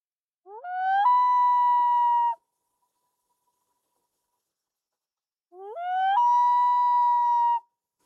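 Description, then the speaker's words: Loon calling twice, each call a long mournful note that rises quickly and then holds steady, with silence between the calls. Heard on a remote wilderness lake in far northern Alaska; loons are most vocal in early summer when mating and establishing territories, keep calling through summer and sometimes into early fall. "There it is again, the classic sound of a loon calling on a wilderness lake."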